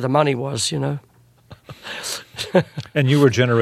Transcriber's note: soundbite of laughter